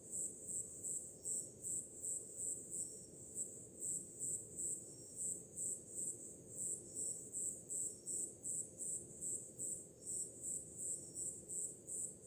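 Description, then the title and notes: Shrill cricket chirping in a steady rhythm of about three pulses per second, layered over constant low surf noise. Crickets with ocean waves in the background on a summer night. "Som do mar ao fundo, grilos e cigarras em uma noite de verão – Ocean, crickets and cicadas in a summer night"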